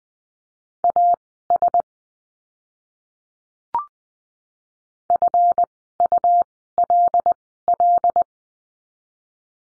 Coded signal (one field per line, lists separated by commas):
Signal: Morse code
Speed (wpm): 20 wpm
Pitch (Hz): 700 Hz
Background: none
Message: AS FULL